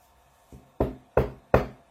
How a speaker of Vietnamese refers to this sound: Có tiếng gõ cửa vang lên rất khẽ.